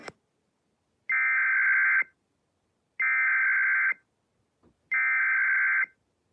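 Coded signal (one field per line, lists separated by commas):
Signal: Emergency Alert System (SAME) tones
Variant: header bursts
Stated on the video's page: Tornado watch alert of the particularly dangerous situation kind.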